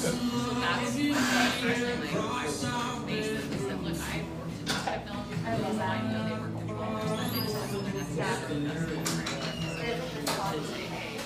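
Café sounds from a small drip coffee joint in eastern Seattle: a steady murmur of overlapping conversation fills the whole stretch. Occasional sharp clinks and clatters of dishes cut through, with a low continuous hum underneath.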